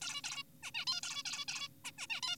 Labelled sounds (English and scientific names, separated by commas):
Zebra Finch (Taeniopygia guttata)